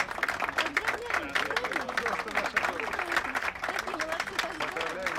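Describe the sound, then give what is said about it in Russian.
Office staff applauding steadily for several seconds, the dense, continuous clapping mixed with overlapping voices chattering and cheering throughout. “На следующий день все сотрудники офиса им аплодируют.”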